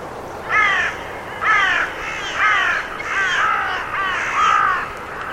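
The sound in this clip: Bird producing a regular run of several raspy, down-slurred caws, roughly one each second, against background noise.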